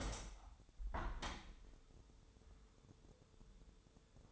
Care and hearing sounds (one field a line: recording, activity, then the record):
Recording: daily activity, microphone in the room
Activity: open window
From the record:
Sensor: 3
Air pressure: 1014.9 hPa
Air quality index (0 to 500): 28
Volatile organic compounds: 1 ppm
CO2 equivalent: 520 ppm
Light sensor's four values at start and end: 10/23/9/9 and 10/23/10/9